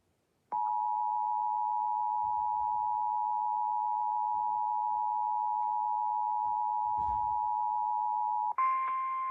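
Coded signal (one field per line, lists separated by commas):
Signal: Emergency Alert System (SAME) tones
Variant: 853 and 960 Hz attention tone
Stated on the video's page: Tornado watch alert of the particularly dangerous situation kind.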